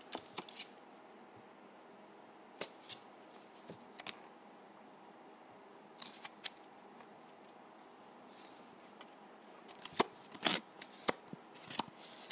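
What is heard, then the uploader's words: Dry putty is handled close up in a quiet small room, giving sparse, sharp crackles and soft clicks over a faint steady hiss. Most snaps are isolated, with small clusters around the middle and a busier burst of crisp pops near the end. ASMR Dry Putty.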